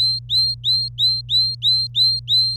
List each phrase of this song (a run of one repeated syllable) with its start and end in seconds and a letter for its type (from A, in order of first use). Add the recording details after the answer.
0.00-2.56 A. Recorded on 26 April 2018 at 06:45. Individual llb3